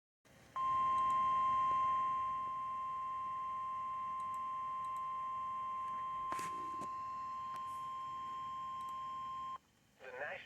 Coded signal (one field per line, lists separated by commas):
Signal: Emergency Alert System (SAME) tones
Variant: 1050 Hz attention tone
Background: speech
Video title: EAS Alert #145. Special Marine Warning.